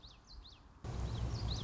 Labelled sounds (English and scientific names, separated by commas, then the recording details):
Common Yellowthroat (Geothlypis trichas)
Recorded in Sonoma County, California